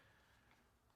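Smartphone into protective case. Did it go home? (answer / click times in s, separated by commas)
no / none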